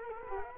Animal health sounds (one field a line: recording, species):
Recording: mosquito wingbeat signal from an infrared sensor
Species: Culex quinquefasciatus